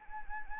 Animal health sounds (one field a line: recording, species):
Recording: mosquito wingbeat signal from an infrared sensor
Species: Anopheles arabiensis